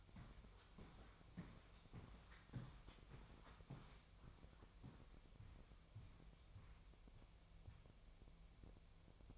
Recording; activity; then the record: daily activity, microphone in the room; walk to room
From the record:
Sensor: 1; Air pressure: 999.4 hPa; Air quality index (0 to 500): 200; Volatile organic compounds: 42 ppm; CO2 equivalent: 3173 ppm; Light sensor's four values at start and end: 9/23/9/10 and 10/25/10/10